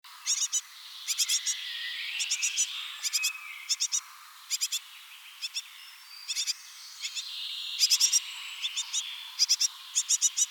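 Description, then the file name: Great tit giving frequent short bursts of rough, buzzy notes in twos to fives, with softer birdsong behind. "Parus major"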